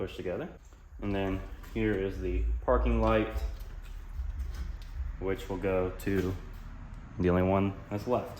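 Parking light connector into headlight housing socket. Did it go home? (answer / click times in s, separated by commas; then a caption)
no / none. Someone talks while handling the parking light connector and lining it up with the last remaining socket on a Toyota Tacoma LED headlight housing; the plug only fits one way. Soft handling sounds are heard under the talking, and the connector has not clicked or seated yet.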